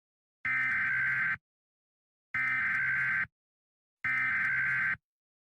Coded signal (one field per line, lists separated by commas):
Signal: Emergency Alert System (SAME) tones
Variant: header bursts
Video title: EAS Amber Alert, and Administrative Message